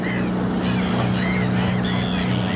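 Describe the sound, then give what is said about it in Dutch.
A motorboat's engine drones steadily with a low, humming pitch, mixed with a constant rush of water and wind noise, as the boat heads across the water at Markerwadden, Netherlands, to retrieve fish-tracking receivers. The sound stays loud and even throughout, with no talking. “gaat mee op de boot en hoort de eerste voorzichtige resultaten”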